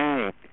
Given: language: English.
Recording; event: throat vibration sensor signal played as sound; speech